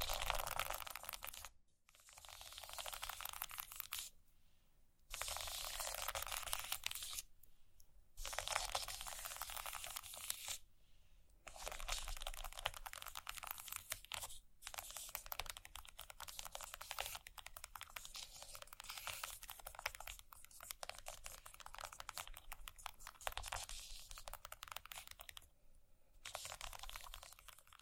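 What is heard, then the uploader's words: ASMR scratching, a dense crackling rasp that runs in bursts of a few seconds each. Brief silent pauses break it up at roughly 2, 4.5, 8, 11, 14.5 and 25.5 seconds. The sound is bright and gritty, with a crinkly, papery texture and little low end. ASMR Scratching.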